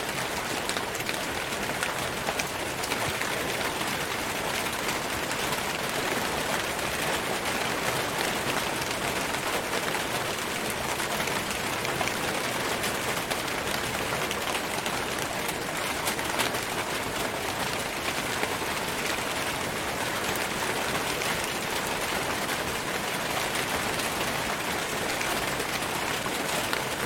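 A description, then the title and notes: Hard rain drums steadily on a tin roof, a dense, bright patter of countless drops that holds an even, unbroken loudness throughout. Metal Roof Sounds for Sleeping (Lluvia), Zinc Roof.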